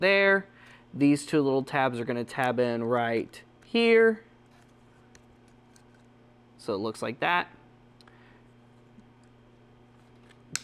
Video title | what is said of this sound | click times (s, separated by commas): Transformers Legacy A Hero is Born Review | bring that section down you'll hear it click in the place | 10.6 s